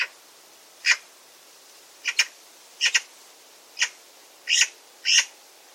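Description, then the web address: Bird calls, short sharp pips, some doubled, repeated irregularly about once a second over soft background hiss. "Bird Only More Classes Pi Pi Pi Pi"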